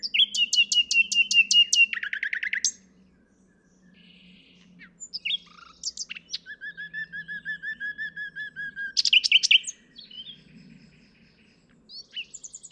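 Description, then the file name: Common nightingale song with a quick series of repeated notes, a pause, then a slower row of even chirps and a jumbled burst. "Luscinia megarhynchos"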